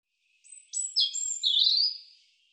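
European robin song, a brief phrase opening with thin high whistles and ending in a sweet, fluttering trill; quiet background.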